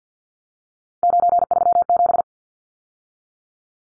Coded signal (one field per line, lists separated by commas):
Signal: Morse code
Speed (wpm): 50 wpm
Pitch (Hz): 700 Hz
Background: none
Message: 937